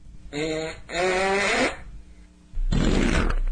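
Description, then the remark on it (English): A loud fart, presented as a Bigfoot fart recorded in the woods on one of Roosevelt Jackson's Bigfoot expeditions, comes in two buzzy, tonal blasts with a wavering pitch, followed after a short pause by a longer, rough, sputtering burst. No one speaks. “This was the first Bigfoot fart that I ever captured on tape”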